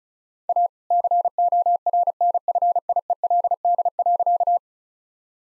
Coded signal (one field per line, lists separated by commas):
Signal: Morse code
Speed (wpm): 34 wpm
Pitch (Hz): 700 Hz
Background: none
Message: A CORNFIELD.